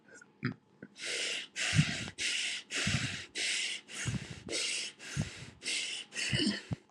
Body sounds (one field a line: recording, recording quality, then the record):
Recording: shallow breathing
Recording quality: excellent, no background noise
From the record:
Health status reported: healthy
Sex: male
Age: 43 years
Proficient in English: yes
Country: India